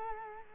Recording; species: mosquito wingbeat signal from an infrared sensor; Culex quinquefasciatus